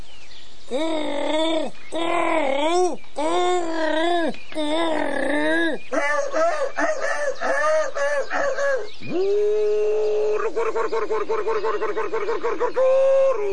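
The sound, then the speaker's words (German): A voice imitates the call of a wild game bird as a hunting ruse: a series of loud, wavering hoots, then quicker warbling cries, ending in a long held tone that breaks into a rapid trill. “Du machst den Ruf des Wildes nach.”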